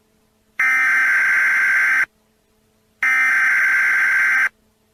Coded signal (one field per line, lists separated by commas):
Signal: Emergency Alert System (SAME) tones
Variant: header bursts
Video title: BREAKING NEWS! EMERGENCY ALERT SYSTEM - HORRORLUM IS MISSING!